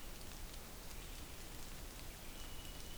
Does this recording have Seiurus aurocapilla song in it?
no